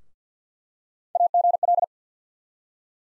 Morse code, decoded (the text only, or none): AGL